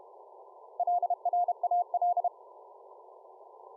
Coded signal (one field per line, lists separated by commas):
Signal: Morse code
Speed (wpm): 36 wpm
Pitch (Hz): 710 Hz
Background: none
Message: LRAL